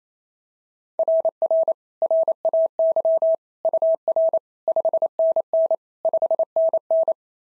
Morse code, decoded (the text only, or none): RR RAY UR 5NN 5NN